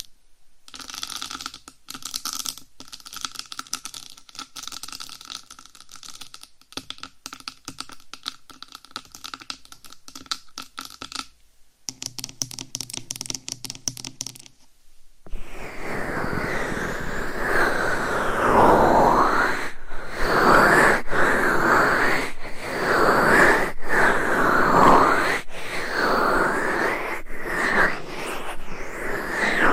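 Fast, dense tapping and scratching on a microphone, clicky and buzzing for fifteen seconds, then louder rough rubbing with steady, regular scratch strokes.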